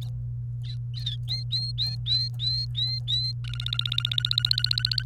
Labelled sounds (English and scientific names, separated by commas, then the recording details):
Domestic Canary (Serinus canaria) song
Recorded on 28 April 2018 at 07:03
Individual llb3